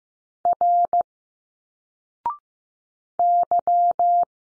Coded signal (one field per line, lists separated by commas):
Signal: Morse code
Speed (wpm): 15 wpm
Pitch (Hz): 700 Hz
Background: none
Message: R Y